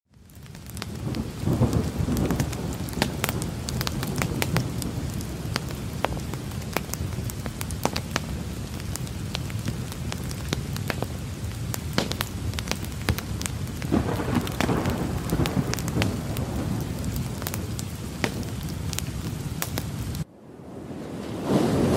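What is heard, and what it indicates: Steady rain-like hiss with scattered crackles and a low rumble plays evenly for about 20 seconds, then briefly drops before another layer swells in. It is a mixed nature-noise soundscape from a sound therapy app for tinnitus, which mixes white and pink noise with nature sounds such as fire crackling, running water or crickets into a personal soundscape.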